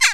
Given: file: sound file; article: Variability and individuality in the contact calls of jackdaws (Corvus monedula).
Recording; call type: jackdaw call; harmonic